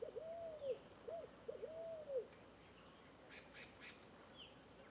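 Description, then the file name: Scaled dove giving short arched cooing notes in a quick run, followed by a few sharp high chirps from another bird. Several scaled doves calling together in a bamboo grove. "Varios Passaros Fogo Apagou Juntos em Bambuzau"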